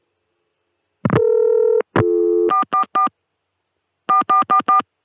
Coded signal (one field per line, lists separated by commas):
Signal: DTMF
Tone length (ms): 120 ms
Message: 444 4444